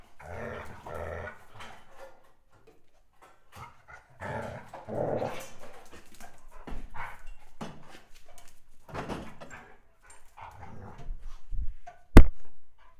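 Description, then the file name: Dog barking in rough bursts amid growls, with quiet gaps between and a sharp click near the end. A fight between two pets, with dogs barking and a cat growling. "Clarita y Chacha peleando (ladridos de perros y gruñidos de gato)"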